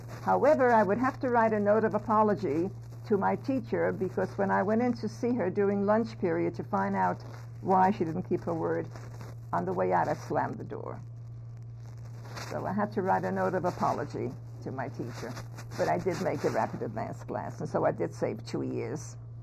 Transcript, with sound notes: However, I would have to write a note of apology to my teacher, because when I went in to see her during lunch period to find out why she didn't keep her word, on the way out I slammed the door. So I had to write a note of apology to my teacher.. [crackling is continuing and making it difficult to hear] But I did make the rapid advance class and so I did save two years.